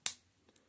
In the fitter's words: and they kind of click into place too so you can get it perfectly like in the middle which I think is really really cool